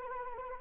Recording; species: mosquito wingbeat signal from an infrared sensor; Anopheles arabiensis